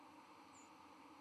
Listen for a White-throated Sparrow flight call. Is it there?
yes